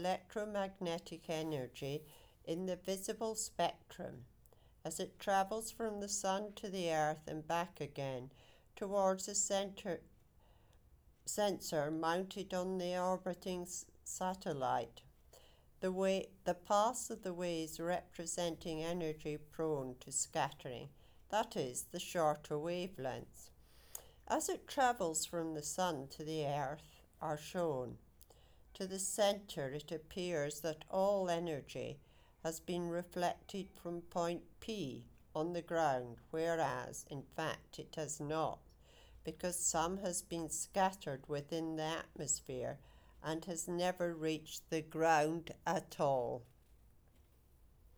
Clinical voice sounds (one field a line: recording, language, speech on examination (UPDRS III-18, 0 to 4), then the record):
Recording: text read into a phone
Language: English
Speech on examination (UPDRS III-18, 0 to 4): 0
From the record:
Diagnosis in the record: healthy control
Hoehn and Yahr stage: 0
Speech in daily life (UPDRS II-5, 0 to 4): 0